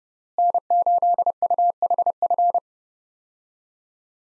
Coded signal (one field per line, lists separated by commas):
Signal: Morse code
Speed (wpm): 30 wpm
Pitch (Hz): 700 Hz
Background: none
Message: N8UHF